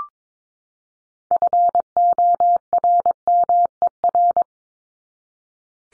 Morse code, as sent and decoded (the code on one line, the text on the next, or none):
..-. --- .-. -- . .-.
FORMER